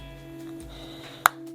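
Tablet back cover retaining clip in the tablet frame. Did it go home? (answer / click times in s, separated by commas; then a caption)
released / 1.3 s. A plastic back cover is pried off a 2013 Nexus 7 tablet for a battery replacement by gripping it and pushing hard. Over a steady low tonal hum, a sharp snap rings out at 1.3 s as another retaining clip in the tablet frame lets go. The clip pops open and releases.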